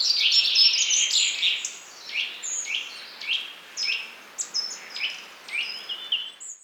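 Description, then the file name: Eurasian nuthatch calls: a series of sharp notes bending quickly down in pitch, coming in quick runs. "Sitta europaea"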